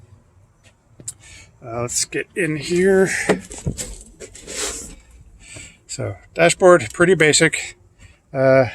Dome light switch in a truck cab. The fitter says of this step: put this all the way up to the top till it clicks, and then it'll stay on.